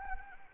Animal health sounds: mosquito wingbeat signal from an infrared sensor; Anopheles arabiensis

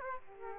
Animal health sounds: mosquito wingbeat signal from an infrared sensor; Aedes aegypti

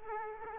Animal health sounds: mosquito wingbeat signal from an infrared sensor; Aedes aegypti

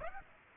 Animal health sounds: mosquito wingbeat signal from an infrared sensor; Aedes aegypti

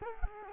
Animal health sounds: mosquito wingbeat signal from an infrared sensor; Culex quinquefasciatus

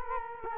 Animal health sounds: mosquito wingbeat signal from an infrared sensor; Culex quinquefasciatus

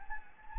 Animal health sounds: mosquito wingbeat signal from an infrared sensor; Anopheles gambiae

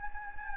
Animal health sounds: mosquito wingbeat signal from an infrared sensor; Anopheles gambiae

